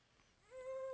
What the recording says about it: Acting like a baby here in the studio again we love the sound of a crying baby. She's 5 months old.